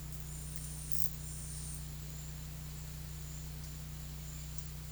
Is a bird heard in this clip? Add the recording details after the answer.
no. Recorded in pastures near Puerto Asís, Putumayo, Colombia, on 19 March 2025 at 12:00. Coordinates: 0.505, -76.324. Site GP08